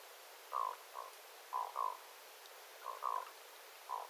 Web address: paivat 9 9 2025 aikuisten kuikkien aantelya aika hyva